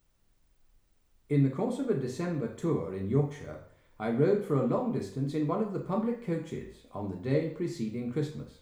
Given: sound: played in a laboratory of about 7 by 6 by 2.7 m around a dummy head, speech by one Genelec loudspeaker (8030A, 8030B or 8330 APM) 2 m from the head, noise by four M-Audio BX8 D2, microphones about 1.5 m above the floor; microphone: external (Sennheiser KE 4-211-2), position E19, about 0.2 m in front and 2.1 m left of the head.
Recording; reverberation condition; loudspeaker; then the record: male speech in English; medium; 60 degrees to the left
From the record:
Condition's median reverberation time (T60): about 510 ms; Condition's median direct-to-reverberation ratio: about -0.5 dB